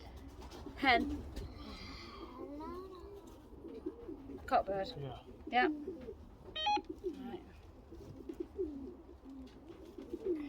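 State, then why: Not seated. A clip-on electronic timing ring is handled around a young pigeon's leg while pigeons coo and someone talks, with brief handling knocks. Nothing has seated or clicked yet.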